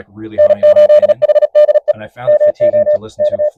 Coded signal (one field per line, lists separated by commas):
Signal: Morse code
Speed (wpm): 36 wpm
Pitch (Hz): 600 Hz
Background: speech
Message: N8HDE MO K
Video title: Unlock Peak Performance: Elecraft KX2 CW Settings For CW POTA/SOTA Hunting